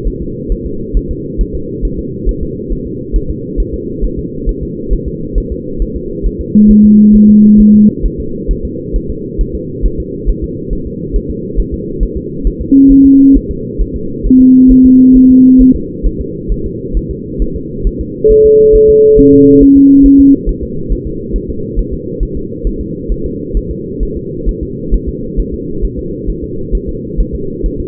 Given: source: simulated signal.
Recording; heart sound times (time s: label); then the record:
fetal heart sounds
0.07 s: S1
0.22 s: S2
0.52 s: S1
0.66 s: S2
0.97 s: S1
1.11 s: S2
1.41 s: S1
1.55 s: S2
1.85 s: S1
1.99 s: S2
2.29 s: S1
2.43 s: S2
2.72 s: S1
2.87 s: S2
3.16 s: S1
3.30 s: S2
3.60 s: S1
3.74 s: S2
4.04 s: S1
4.19 s: S2
4.49 s: S1
4.63 s: S2
4.93 s: S1
5.08 s: S2
5.38 s: S1
5.52 s: S2
5.82 s: S1
5.96 s: S2
6.26 s: S1
6.41 s: S2
6.71 s: S1
6.85 s: S2
7.15 s: S1
7.30 s: S2
7.60 s: S1
7.75 s: S2
8.06 s: S1
8.20 s: S2
8.51 s: S1
8.65 s: S2
8.96 s: S1
9.10 s: S2
9.41 s: S1
9.55 s: S2
9.86 s: S1
10.00 s: S2
10.30 s: S1
10.44 s: S2
10.73 s: S1
10.87 s: S2
11.16 s: S1
11.30 s: S2
11.59 s: S1
11.74 s: S2
12.03 s: S1
12.17 s: S2
12.47 s: S1
12.61 s: S2
12.92 s: S1
13.06 s: S2
13.37 s: S1
13.51 s: S2
13.81 s: S1
13.96 s: S2
14.27 s: S1
14.41 s: S2
14.72 s: S1
14.86 s: S2
15.16 s: S1
15.31 s: S2
15.61 s: S1
15.76 s: S2
16.06 s: S1
16.21 s: S2
16.52 s: S1
16.66 s: S2
16.97 s: S1
17.11 s: S2
17.42 s: S1
17.56 s: S2
17.87 s: S1
18.01 s: S2
18.31 s: S1
18.46 s: S2
18.76 s: S1
18.90 s: S2
19.19 s: S1
19.33 s: S2
19.63 s: S1
19.77 s: S2
20.06 s: S1
20.20 s: S2
20.49 s: S1
20.63 s: S2
20.92 s: S1
21.07 s: S2
21.36 s: S1
21.50 s: S2
21.79 s: S1
21.93 s: S2
22.23 s: S1
22.37 s: S2
22.67 s: S1
22.81 s: S2
23.12 s: S1
23.26 s: S2
23.57 s: S1
23.71 s: S2
24.03 s: S1
24.17 s: S2
24.49 s: S1
24.63 s: S2
24.94 s: S1
25.09 s: S2
25.40 s: S1
25.54 s: S2
25.84 s: S1
25.99 s: S2
26.30 s: S1
26.44 s: S2
26.75 s: S1
26.89 s: S2
27.20 s: S1
27.35 s: S2
27.66 s: S1
27.80 s: S2
From the record:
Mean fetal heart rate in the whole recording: 135 bpm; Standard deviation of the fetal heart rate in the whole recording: 3 bpm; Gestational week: 36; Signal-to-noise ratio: -6.6 dB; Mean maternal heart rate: 72 bpm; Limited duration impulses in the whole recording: present